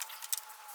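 Plastic retaining clips set on the side skirt of an EJ1 Honda Civic are handled as the skirt is pressed back toward the car body. Quiet, high-pitched rustling and light patter are heard, with a brief brighter scrape around 0.3 s. None of the clips has popped into place or seated yet.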